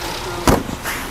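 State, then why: Seated. A lock latch on the body of a Kymco Downtown scooter, on the seat or storage compartment, is pressed and catches with a sharp click at 0.5 s, with low background hum around it. The latch locks this time, though it usually fails to lock unless pressed very hard, and the owner puts this down to the cable, which needs replacing.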